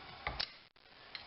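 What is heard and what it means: A metal fork seal retaining clip is pushed with a screwdriver into its groove in the fork leg of a Honda CRF 230F, above the new seal. Sharp metallic ticks at 0.3 s and 0.4 s mark the clip snapping into the groove, and a fainter tick follows near 1.1 s. The clip is seated.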